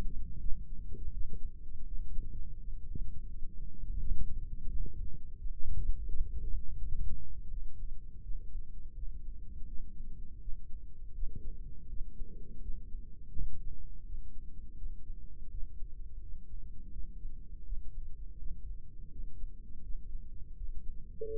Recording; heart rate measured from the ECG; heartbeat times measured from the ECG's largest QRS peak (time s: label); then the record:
heart sounds by microphone in the right ear; 83 bpm
0.39 s: heartbeat
1.12 s: heartbeat
1.86 s: heartbeat
2.59 s: heartbeat
3.29 s: heartbeat
3.98 s: heartbeat
4.67 s: heartbeat
5.37 s: heartbeat
6.07 s: heartbeat
6.77 s: heartbeat
7.49 s: heartbeat
8.22 s: heartbeat
8.95 s: heartbeat
9.67 s: heartbeat
10.40 s: heartbeat
11.14 s: heartbeat
11.88 s: heartbeat
12.61 s: heartbeat
13.33 s: heartbeat
14.05 s: heartbeat
14.77 s: heartbeat
15.49 s: heartbeat
16.21 s: heartbeat
16.92 s: heartbeat
17.64 s: heartbeat
18.37 s: heartbeat
19.11 s: heartbeat
19.82 s: heartbeat
20.56 s: heartbeat
21.30 s: heartbeat
From the record:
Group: healthy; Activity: rest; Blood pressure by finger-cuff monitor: 160/86 mmHg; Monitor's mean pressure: 103 mmHg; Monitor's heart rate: 83 bpm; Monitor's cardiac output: 8 L/min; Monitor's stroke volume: 96 mL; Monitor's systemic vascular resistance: 950 dyn s/cm5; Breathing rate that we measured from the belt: 19 breaths a minute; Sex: male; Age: 57 years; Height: 188 cm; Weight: 106 kg